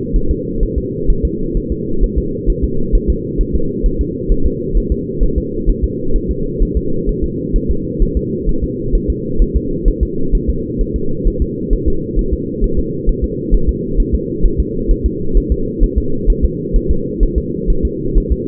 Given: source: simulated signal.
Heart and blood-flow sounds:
fetal heart sounds
0.16 s: S1
0.31 s: S2
0.63 s: S1
0.78 s: S2
1.10 s: S1
1.25 s: S2
1.57 s: S1
1.72 s: S2
2.04 s: S1
2.18 s: S2
2.50 s: S1
2.64 s: S2
2.95 s: S1
3.10 s: S2
3.41 s: S1
3.55 s: S2
3.86 s: S1
4.01 s: S2
4.32 s: S1
4.46 s: S2
4.77 s: S1
4.92 s: S2
5.23 s: S1
5.38 s: S2
5.70 s: S1
5.84 s: S2
6.16 s: S1
6.31 s: S2
6.63 s: S1
6.77 s: S2
7.09 s: S1
7.24 s: S2
7.56 s: S1
7.71 s: S2
8.03 s: S1
8.17 s: S2
8.49 s: S1
8.64 s: S2
8.95 s: S1
9.10 s: S2
9.42 s: S1
9.56 s: S2
9.88 s: S1
10.03 s: S2
10.35 s: S1
10.50 s: S2
10.81 s: S1
10.96 s: S2
11.28 s: S1
11.42 s: S2
11.73 s: S1
11.88 s: S2
12.19 s: S1
12.34 s: S2
12.64 s: S1
12.79 s: S2
13.09 s: S1
13.24 s: S2
13.55 s: S1
13.69 s: S2
14.00 s: S1
14.15 s: S2
14.46 s: S1
14.60 s: S2
14.91 s: S1
15.06 s: S2
15.37 s: S1
15.52 s: S2
15.84 s: S1
15.98 s: S2
16.30 s: S1
16.45 s: S2
16.76 s: S1
16.91 s: S2
17.23 s: S1
17.38 s: S2
17.70 s: S1
17.85 s: S2
18.18 s: S1
18.32 s: S2
From the record:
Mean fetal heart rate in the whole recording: 130 bpm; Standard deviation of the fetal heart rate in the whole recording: 2 bpm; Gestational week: 38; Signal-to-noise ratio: -8.1 dB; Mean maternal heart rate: 72 bpm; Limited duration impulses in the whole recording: absent

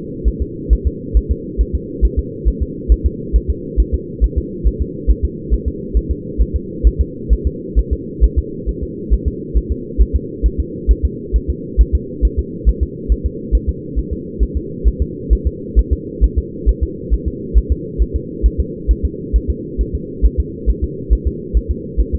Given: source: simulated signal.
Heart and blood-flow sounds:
fetal heart sounds
0.28 s: S1
0.42 s: S2
0.73 s: S1
0.87 s: S2
1.17 s: S1
1.31 s: S2
1.61 s: S1
1.75 s: S2
2.05 s: S1
2.19 s: S2
2.48 s: S1
2.62 s: S2
2.92 s: S1
3.06 s: S2
3.36 s: S1
3.50 s: S2
3.80 s: S1
3.94 s: S2
4.24 s: S1
4.38 s: S2
4.67 s: S1
4.82 s: S2
5.10 s: S1
5.25 s: S2
5.54 s: S1
5.68 s: S2
5.97 s: S1
6.11 s: S2
6.41 s: S1
6.56 s: S2
6.87 s: S1
7.01 s: S2
7.33 s: S1
7.47 s: S2
7.79 s: S1
7.93 s: S2
8.24 s: S1
8.38 s: S2
8.69 s: S1
8.83 s: S2
9.13 s: S1
9.28 s: S2
9.57 s: S1
9.72 s: S2
10.01 s: S1
10.16 s: S2
10.46 s: S1
10.60 s: S2
10.91 s: S1
11.05 s: S2
11.36 s: S1
11.50 s: S2
11.81 s: S1
11.95 s: S2
12.25 s: S1
12.39 s: S2
12.69 s: S1
12.83 s: S2
13.12 s: S1
13.26 s: S2
13.55 s: S1
13.69 s: S2
13.99 s: S1
14.13 s: S2
14.43 s: S1
14.57 s: S2
14.88 s: S1
15.02 s: S2
15.33 s: S1
15.47 s: S2
15.79 s: S1
15.93 s: S2
16.24 s: S1
16.38 s: S2
16.69 s: S1
16.83 s: S2
17.13 s: S1
17.28 s: S2
17.58 s: S1
17.72 s: S2
18.02 s: S1
18.16 s: S2
18.46 s: S1
18.60 s: S2
18.91 s: S1
19.05 s: S2
19.36 s: S1
19.50 s: S2
19.81 s: S1
19.95 s: S2
20.25 s: S1
20.40 s: S2
20.69 s: S1
20.84 s: S2
21.13 s: S1
21.27 s: S2
21.57 s: S1
21.71 s: S2
22.00 s: S1
22.15 s: S2
From the record:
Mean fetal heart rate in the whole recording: 135 bpm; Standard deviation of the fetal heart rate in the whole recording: 3 bpm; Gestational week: 34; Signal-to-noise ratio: -4.1 dB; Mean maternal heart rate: no maternal heart sound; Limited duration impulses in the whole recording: absent

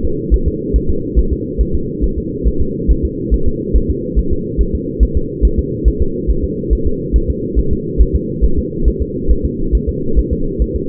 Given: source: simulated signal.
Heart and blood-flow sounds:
fetal heart sounds
0.05 s: S2
0.34 s: S1
0.48 s: S2
0.76 s: S1
0.90 s: S2
1.19 s: S1
1.33 s: S2
1.61 s: S1
1.75 s: S2
2.04 s: S1
2.18 s: S2
2.47 s: S1
2.62 s: S2
2.91 s: S1
3.05 s: S2
3.34 s: S1
3.48 s: S2
3.76 s: S1
3.90 s: S2
4.19 s: S1
4.33 s: S2
4.61 s: S1
4.75 s: S2
5.03 s: S1
5.17 s: S2
5.45 s: S1
5.59 s: S2
5.88 s: S1
6.02 s: S2
6.30 s: S1
6.44 s: S2
6.73 s: S1
6.87 s: S2
7.16 s: S1
7.30 s: S2
7.59 s: S1
7.73 s: S2
8.01 s: S1
8.16 s: S2
8.44 s: S1
8.58 s: S2
8.88 s: S1
9.02 s: S2
9.31 s: S1
9.45 s: S2
9.75 s: S1
9.89 s: S2
10.19 s: S1
10.33 s: S2
10.62 s: S1
10.76 s: S2
From the record:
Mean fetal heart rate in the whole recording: 140 bpm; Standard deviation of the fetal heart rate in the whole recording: 2 bpm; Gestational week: 34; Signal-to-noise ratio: -8.1 dB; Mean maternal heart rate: 72 bpm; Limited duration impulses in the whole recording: present

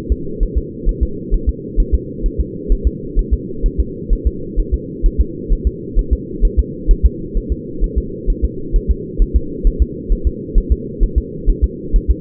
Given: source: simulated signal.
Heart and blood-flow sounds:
fetal heart sounds
0.12 s: S2
0.43 s: S1
0.58 s: S2
0.89 s: S1
1.03 s: S2
1.34 s: S1
1.49 s: S2
1.80 s: S1
1.95 s: S2
2.26 s: S1
2.40 s: S2
2.72 s: S1
2.87 s: S2
3.19 s: S1
3.33 s: S2
3.66 s: S1
3.80 s: S2
4.13 s: S1
4.27 s: S2
4.60 s: S1
4.74 s: S2
5.06 s: S1
5.21 s: S2
5.53 s: S1
5.67 s: S2
5.99 s: S1
6.13 s: S2
6.45 s: S1
6.59 s: S2
6.91 s: S1
7.06 s: S2
7.37 s: S1
7.52 s: S2
7.84 s: S1
7.98 s: S2
8.30 s: S1
8.45 s: S2
8.76 s: S1
8.91 s: S2
9.22 s: S1
9.36 s: S2
9.67 s: S1
9.82 s: S2
10.12 s: S1
10.27 s: S2
10.58 s: S1
10.72 s: S2
11.03 s: S1
11.18 s: S2
11.50 s: S1
11.64 s: S2
11.96 s: S1
12.11 s: S2
From the record:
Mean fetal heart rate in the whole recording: 130 bpm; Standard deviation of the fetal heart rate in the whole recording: 2 bpm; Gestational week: 38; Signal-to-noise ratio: -4.3 dB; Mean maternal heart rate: 72 bpm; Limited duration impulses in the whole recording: absent

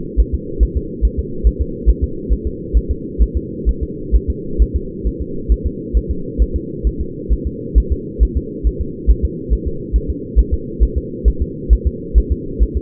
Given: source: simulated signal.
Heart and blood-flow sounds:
fetal heart sounds
0.20 s: S1
0.34 s: S2
0.63 s: S1
0.77 s: S2
1.05 s: S1
1.19 s: S2
1.47 s: S1
1.61 s: S2
1.89 s: S1
2.04 s: S2
2.32 s: S1
2.47 s: S2
2.77 s: S1
2.91 s: S2
3.22 s: S1
3.37 s: S2
3.69 s: S1
3.83 s: S2
4.16 s: S1
4.30 s: S2
4.62 s: S1
4.76 s: S2
5.07 s: S1
5.22 s: S2
5.52 s: S1
5.66 s: S2
5.97 s: S1
6.11 s: S2
6.42 s: S1
6.56 s: S2
6.87 s: S1
7.01 s: S2
7.33 s: S1
7.47 s: S2
7.78 s: S1
7.92 s: S2
8.23 s: S1
8.37 s: S2
8.67 s: S1
8.81 s: S2
9.10 s: S1
9.25 s: S2
9.53 s: S1
9.67 s: S2
9.96 s: S1
10.10 s: S2
10.39 s: S1
10.53 s: S2
10.83 s: S1
10.97 s: S2
11.28 s: S1
11.42 s: S2
11.73 s: S1
11.87 s: S2
12.18 s: S1
12.32 s: S2
12.62 s: S1
12.77 s: S2
From the record:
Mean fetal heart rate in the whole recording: 135 bpm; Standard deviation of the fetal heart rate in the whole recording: 3 bpm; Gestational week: 34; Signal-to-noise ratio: -4.3 dB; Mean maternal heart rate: 72 bpm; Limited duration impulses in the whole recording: absent

